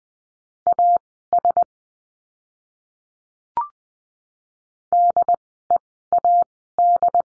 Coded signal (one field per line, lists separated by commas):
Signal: Morse code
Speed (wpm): 20 wpm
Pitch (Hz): 700 Hz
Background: none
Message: AS DEAD